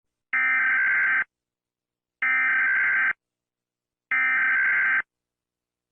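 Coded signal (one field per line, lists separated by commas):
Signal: Emergency Alert System (SAME) tones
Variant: header bursts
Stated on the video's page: Fictional EAS scenario containing valid EAS tones.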